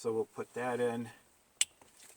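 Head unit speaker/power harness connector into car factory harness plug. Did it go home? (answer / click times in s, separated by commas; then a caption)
yes / 1.6 s. Someone talks, then the speaker and power harness connector of an aftermarket Android radio head unit is pushed into the factory harness plug of a 2005 Highlander. A sharp click at 1.6 s shows the connector has seated, followed by faint, quiet rustling.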